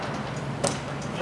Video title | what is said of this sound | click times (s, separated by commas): Tennant 5700 Overview | pops into place like that | 0.7 s